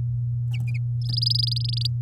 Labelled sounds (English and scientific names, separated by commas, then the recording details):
Domestic Canary (Serinus canaria) song
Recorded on 8 May 2018 at 09:01
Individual llb16